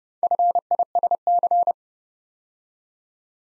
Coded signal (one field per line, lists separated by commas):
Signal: Morse code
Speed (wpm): 30 wpm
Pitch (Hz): 700 Hz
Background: none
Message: FISC